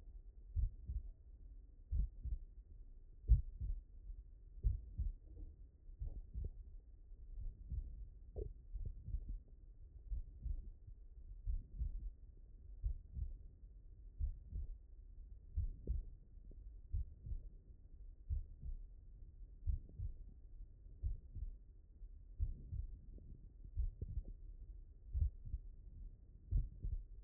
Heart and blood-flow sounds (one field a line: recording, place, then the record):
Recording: heart sounds by stethoscope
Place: mitral valve (MV)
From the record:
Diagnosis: HFrEF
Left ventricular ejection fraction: 30%